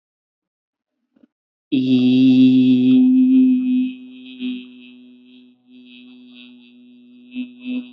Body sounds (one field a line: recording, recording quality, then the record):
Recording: sustained vowel as in beet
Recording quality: excellent, no background noise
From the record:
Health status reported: healthy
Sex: male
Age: 21 years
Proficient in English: yes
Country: India